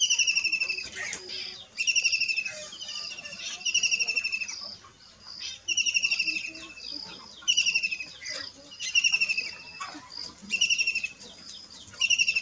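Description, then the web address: Kingfisher calls, shrill high trilled bursts repeated every second or two, each a quick rattling series of piercing notes. "sound Kingfishers. صدای-ماهی-خورک"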